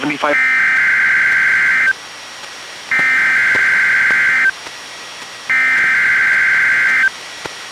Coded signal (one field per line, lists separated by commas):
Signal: Emergency Alert System (SAME) tones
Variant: header bursts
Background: speech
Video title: EAS #421-422: 2 NWR Required Weekly Tests- Sep. 23, 2020